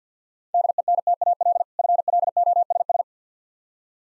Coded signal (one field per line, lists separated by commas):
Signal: Morse code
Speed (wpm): 50 wpm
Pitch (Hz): 700 Hz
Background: none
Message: DENTAL FLOSS